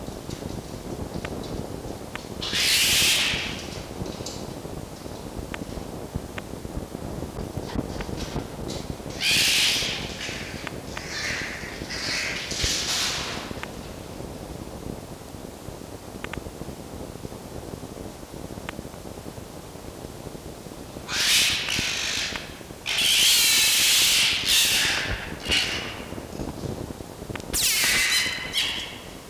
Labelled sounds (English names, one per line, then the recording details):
Red Fox
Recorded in captivity
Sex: female
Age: adult
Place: Zoologisches Institut der HUB, Berlin, DE
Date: 1954-02-08 17:15
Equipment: Elmetra
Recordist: Tembrock, Günter